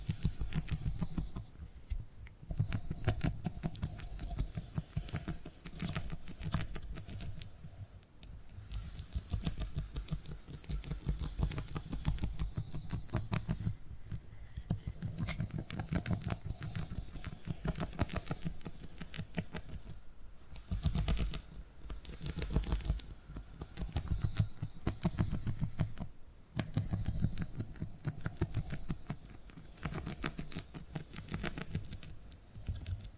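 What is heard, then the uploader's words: A cat purrs in a steady low rumble, made of rapid fluttering pulses that run almost without letup. Brief dips break the sound about every six seconds, near 2, 8, 14, 20 and 26 seconds, and a faint, even hum sits underneath throughout. Purring Triggers.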